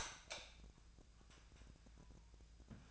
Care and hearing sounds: daily activity, microphone in the room; light off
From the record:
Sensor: 2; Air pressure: 999.8 hPa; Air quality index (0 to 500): 115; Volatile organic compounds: 2 ppm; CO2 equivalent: 996 ppm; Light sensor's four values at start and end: 42/110/46/51 and 37/93/40/45

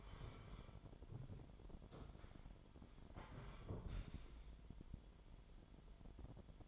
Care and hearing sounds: daily activity, microphone in the room; sit down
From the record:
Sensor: 5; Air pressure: 998.6 hPa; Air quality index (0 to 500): 83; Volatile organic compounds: 1 ppm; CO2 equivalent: 948 ppm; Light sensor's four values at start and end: 40/97/40/45 and 40/97/40/45

